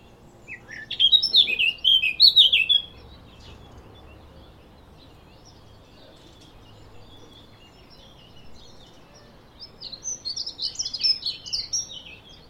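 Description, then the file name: Eurasian blackcap song: a rapid, scratchy warbled phrase around two seconds long, then silence, then a second similar chattering warble near the end. "Sylvia atricapilla"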